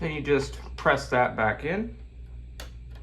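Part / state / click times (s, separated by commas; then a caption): RAM DIMM into desktop computer memory slot / seated / 2.6 s. Someone talks while a RAM DIMM is pressed back into its memory slot in a cylindrical Apple Mac Pro 6,1 (2013) desktop computer. A sharp click at 2.6 s marks the module seating into place.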